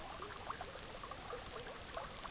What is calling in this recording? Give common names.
none